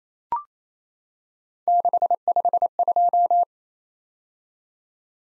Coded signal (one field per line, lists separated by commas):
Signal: Morse code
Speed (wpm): 29 wpm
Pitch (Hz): 700 Hz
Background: none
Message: 652